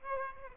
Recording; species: mosquito wingbeat signal from an infrared sensor; Aedes aegypti